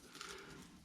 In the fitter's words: twist, there it goes. It pops and up. it comes right out.